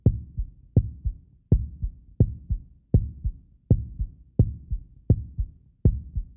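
An adult heartbeat: steady paired low thumps, a sharper first sound followed closely by a softer second, repeating about 82 times a minute in an even rhythm, with clear lub-dub sounds and no other noise.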